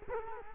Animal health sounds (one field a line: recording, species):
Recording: mosquito wingbeat signal from an infrared sensor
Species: Culex quinquefasciatus